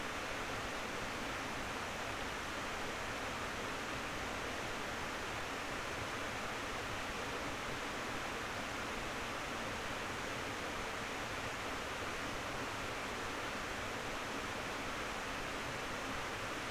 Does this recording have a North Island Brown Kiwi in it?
no